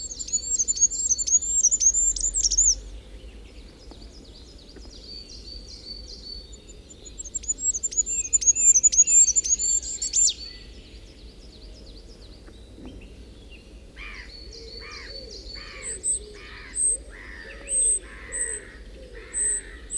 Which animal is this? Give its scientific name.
Regulus regulus